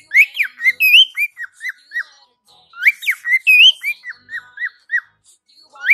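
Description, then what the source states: Cockatiel whistling clear, bright rising and falling notes in quick phrases, a burst of whistles, a pause, then a second similar burst. More than one cockatiel, whistling.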